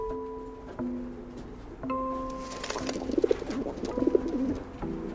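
Pigeons coo in low, throaty bursts, several soft rolling calls overlapping and rising in intensity toward the middle, with a steady background hum and no talking.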